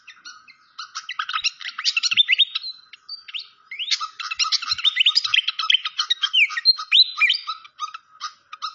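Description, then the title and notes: Malaysian pied fantail song: a dense, lively stream of high chirps mixed with rising and falling whistled slurs, almost continuous throughout. Masteran (training recording) with clear-voiced song mixed with the sound of trickling water. "Masteran Sikatan Kipas Suara Jernih Dan Suara Gemericik Air. Suara Burung Sikatan Londo"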